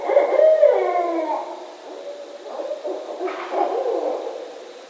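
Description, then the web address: Barred owl call that opens with a loud hoot sliding downward, followed by softer, rougher hooting notes that waver and fade. Recorded on 19 November 2010. "Barred Owl 2010 11 19"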